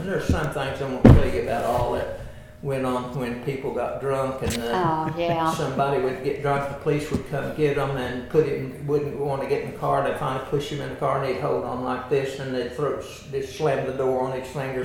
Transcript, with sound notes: And there's some things, I won't tell you about all that went on when people got drunk--
Oh yeah.
(Chuckling) Somebody would get drunk and the police would come get 'em and put 'em-- wouldn't want to get in the car, and they'd kind of push 'em in the car and they'd hold on like this and they'd throw-- just slam the door on its fingers.